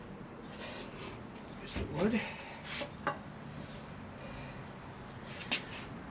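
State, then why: Seated. Someone talks while a rubber snap-in tire valve stem on a TPMS sensor from a Suburban is pulled through the valve hole of the wheel rim using a piece of wood. After brief rubbing and straining sounds, the stem pops into place with a sharp snap at 3.1 s, and it is seated.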